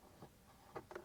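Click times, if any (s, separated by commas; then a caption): 0.8 s, 0.9 s, 1.0 s. On a 2015–2021 Ford F-150, a finger holds down the hinge-type tab while the plastic glove box is lifted so the tab pops out of its slot in the dashboard, dropping the glove box to change the cabin air filter. Sharp pops are heard at 0.8, 0.9 and 1.0 seconds over a faint background. The glove box hinge tab comes free.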